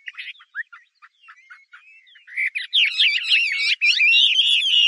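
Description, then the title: Chinese hwamei song: faint scattered chirps and thin whistles at first, then a loud rich run of varied slurred whistled phrases filling the second half. "画眉鸟的叫声"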